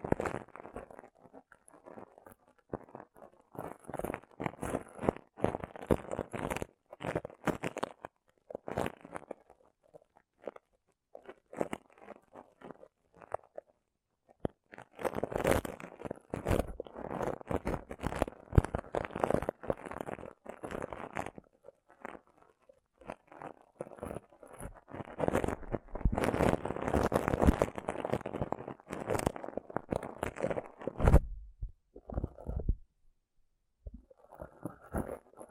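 Rough brain cleaning and picking: dense runs of wet squelches, crunches and scrapes come in busy bursts, heaviest around the start, from 15 to 22 seconds and from 25 to 31 seconds. Quieter, sparser picking fills the gaps and the last few seconds.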